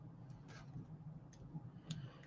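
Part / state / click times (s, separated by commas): metal jump ring closing onto a bracelet clasp / seated / 1.9 s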